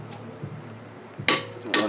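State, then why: Torque reached. A click-type torque wrench tightens the second lug nut on a VW Jetta wheel to 100 ft-lb during a front brake pad replacement. It gives two sharp metallic clicks at 1.3 s and 1.7 s over a low, quiet background. The nut is confirmed torqued to setting.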